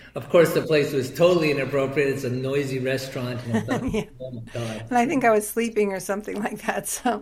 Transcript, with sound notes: And of course, the place was totally inappropriate. It's a noisy restaurant.
(laughs) Yeah.
And I thought, "Oh, my God."
And I think I was sleeping or something like that,